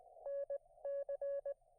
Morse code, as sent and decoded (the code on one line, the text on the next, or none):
-. -.-.
NC